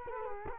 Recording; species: mosquito wingbeat signal from an infrared sensor; Culex quinquefasciatus